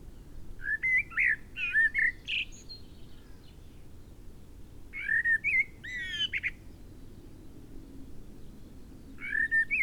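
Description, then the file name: Common blackbird song in three phrases, the last cut short: low, rich, slurred whistles with high squeaky notes, separated by quiet pauses of a few seconds. "Turdus merula"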